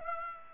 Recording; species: mosquito wingbeat signal from an infrared sensor; Aedes aegypti